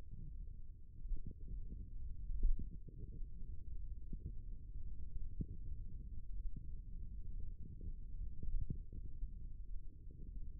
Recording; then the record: forearm muscle sounds (acoustic myography)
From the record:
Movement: finger pinch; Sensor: system 1, eight BSWA MPA416 microphones around the upper forearm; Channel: 7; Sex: male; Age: 18 years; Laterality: right